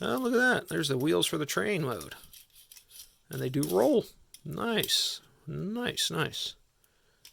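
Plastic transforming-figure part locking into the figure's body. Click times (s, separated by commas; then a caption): 7.2 s. Someone talks while moving a plastic part of a transforming toy robot's train-mode section, including its rolling wheels. Soft handling sounds follow in a quiet stretch, and at 7.3 s a short click is heard as the part locks into place in the figure's body.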